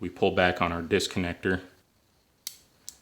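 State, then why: Seated. Someone talks, then the disconnector of a CZ Scorpion binary trigger pack is pulled back and its spring-loaded sliding piece snaps fully rearward to the end of its travel with a sharp click at 2.5 s, followed by a fainter tick at 2.9 s. The piece is seated as far back as it goes, with a nice clean snap.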